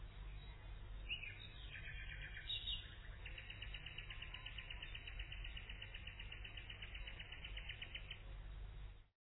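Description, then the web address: Common nightingale song: brief whistled notes, then a long, rapid trill of repeated chirps over a steady low rumble. "ton Nachtigall"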